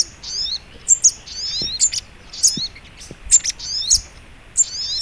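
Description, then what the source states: Little Spiderhunter song: high chirps and slurred twitters repeated in quick succession, a steady lively rhythm over low background noise. Training (masteran) song in the Labaik style.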